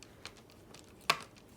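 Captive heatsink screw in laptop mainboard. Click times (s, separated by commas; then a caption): 1.1 s. A numbered captive screw on the heatsink of an Alienware m18 laptop mainboard is undone in reverse order, with faint small ticks at about 0.0 and 0.3 s before a sharp, bright click at 1.1 s. The screw clicks loose and is released but stays captive, and that click alone is enough to show it is undone.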